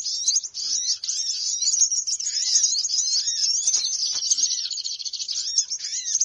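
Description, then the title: Bird flock calls, shrill overlapping twitters forming a steady, unbroken high chatter, with occasional lower arched notes underneath. Noisy bird calls used as a lure to attract birds, which are said to gather close soon after it starts. "Baru Diputar Dah Banyak Merapat! Suara Pikat Burung Ribut"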